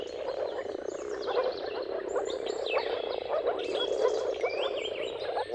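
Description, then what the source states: Moor frogs keep up a dense, soft bubbling chorus, with birdsong of whistles and short trills mixed in. Many moor frogs giving mating calls at sunrise in a dawn chorus, around the turn of March and April, timing depending on the weather.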